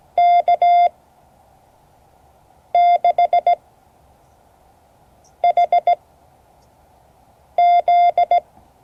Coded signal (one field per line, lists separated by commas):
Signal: Morse code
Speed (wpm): 16 wpm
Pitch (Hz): 690 Hz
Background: none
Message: K6HZ